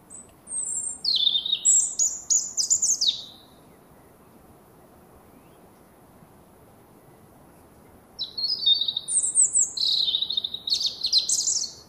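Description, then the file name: European robin giving two bursts of high, scratchy warbled phrases separated by roughly five seconds of silence. "Erithacus rubecula"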